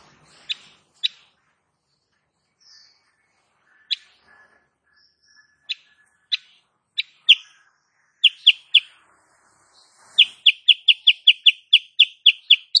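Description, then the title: Sooty-headed bulbul song opening with scattered single chirps that grow more frequent, then breaking into a rapid burst of sharp, evenly repeated high notes. Female cage bird in full active song with tight rapid-fire notes, used as a master recording for training other cage birds. "Masteran Kutilang Sutra. Kutilang SUTRA BETINA GACOR nembak RAPAT"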